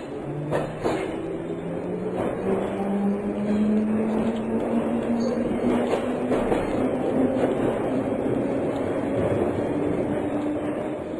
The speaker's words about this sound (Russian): Еще мгновение, и поезд тронулся.